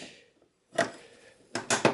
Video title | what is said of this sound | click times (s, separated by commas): Dell Optiplex 980 Upgrade Video Card RAM CPU SSD PSU | you're going to hear two clicks when the memory installed properly you're going to hear two clicks like when you install the memory properly | 1.5 s, 1.7 s